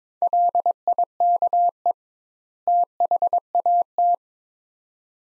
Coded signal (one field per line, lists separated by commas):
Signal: Morse code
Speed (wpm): 22 wpm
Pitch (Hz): 700 Hz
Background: none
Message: LIKE THAT